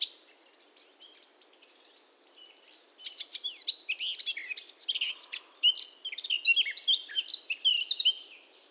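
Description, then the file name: Eurasian blackcap song opening with soft, quiet twitters, then swelling into a loud, varied warble of fluty and scratchy notes to the end. "Sylvia atricapilla"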